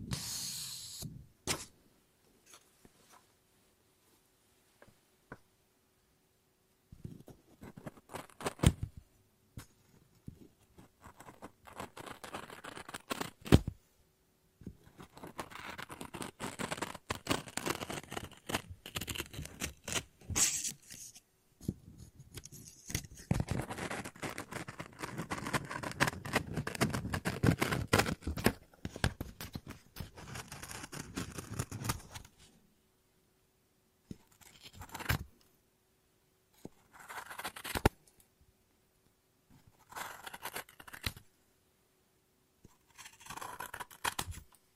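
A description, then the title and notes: Paper being snipped and cut with scissors, in bursts of dense, crisp crackling and rustling separated by quiet pauses. The longest stretch runs from about 15 to 32 seconds, with shorter sharp snips scattered before and after, and a faint steady hum underneath. ASMR Scissors No Talking Snips and Cutting Paper.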